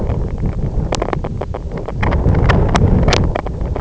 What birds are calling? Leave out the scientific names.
none